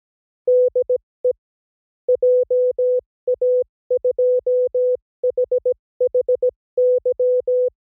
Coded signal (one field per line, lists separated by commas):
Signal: Morse code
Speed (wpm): 17 wpm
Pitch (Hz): 500 Hz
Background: none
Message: DE JA2HHY